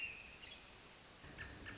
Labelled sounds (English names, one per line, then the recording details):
American Robin
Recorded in Sonoma County, California